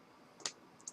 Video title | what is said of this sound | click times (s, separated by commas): eGo C e cig demo | and you'll hear it snap and it's oval so you can't go wrong | 0.5 s